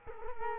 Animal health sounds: mosquito wingbeat signal from an infrared sensor; Culex quinquefasciatus

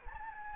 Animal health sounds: mosquito wingbeat signal from an infrared sensor; Anopheles gambiae

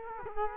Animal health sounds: mosquito wingbeat signal from an infrared sensor; Culex quinquefasciatus

